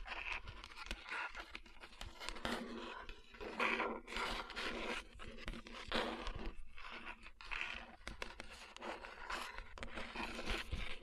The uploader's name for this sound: Tapping & Rubbing Rhinestone Covered Palms